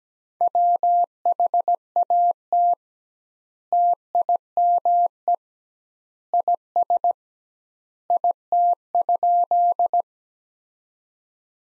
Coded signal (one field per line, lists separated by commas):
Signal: Morse code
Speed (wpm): 17 wpm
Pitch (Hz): 700 Hz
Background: none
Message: WHAT TIME IS IT?